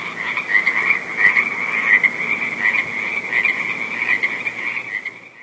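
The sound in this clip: Frog chorus of shrill, rapidly repeated croaking notes merging into a continuous high trill, fading out at the very end.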